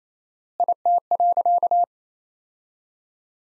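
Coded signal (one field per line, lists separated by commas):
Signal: Morse code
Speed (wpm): 28 wpm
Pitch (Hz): 700 Hz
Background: none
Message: IT.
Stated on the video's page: Morse practice set of sentences built from the top 300 words at 28 wpm with 4x word spacing, a word-level take on the Farnsworth method.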